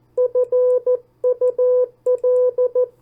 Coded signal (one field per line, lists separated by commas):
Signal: Morse code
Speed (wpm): 14 wpm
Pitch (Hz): 500 Hz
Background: none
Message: FUL